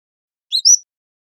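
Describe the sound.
Cordilleran flycatcher call: a single two-part, high, thin note. A short rising slur is followed at once by a brighter, higher upslurred whistle.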